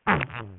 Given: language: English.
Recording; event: throat vibration sensor signal played as sound; throat clearing